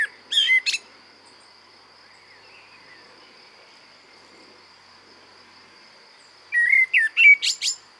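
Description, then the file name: Common blackbird song: a short squeaky phrase at the start, a pause, then a fluted whistle leading into sharp high twittering notes, with a steady high tone throughout. "Turdus merula"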